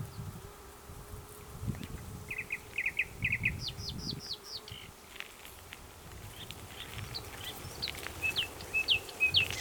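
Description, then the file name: Common nightingale singing in short phrases: a short series of lower notes, a string of high sharp notes, then bright whistled notes, with a soft hum beneath. "Luscinia megarhynchos"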